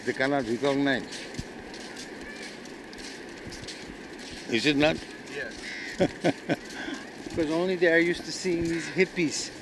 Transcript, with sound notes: They cannot recognize. Is it not?
Yes. [Śrīla Prabhupāda laughs]
Because only they are used to seeing these hippies.